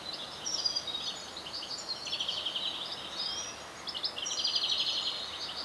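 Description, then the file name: European greenfinch calls, quick buzzy twittering trills in short bursts, high-pitched, over steady background hiss. "Chloris chloris"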